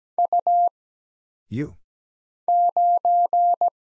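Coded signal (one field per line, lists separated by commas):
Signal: Morse code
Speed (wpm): 17 wpm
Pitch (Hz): 700 Hz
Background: none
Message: U 9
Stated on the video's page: Morse practice of single characters (letters, numbers, punctuation, prosigns) at 17 wpm for instant character recognition.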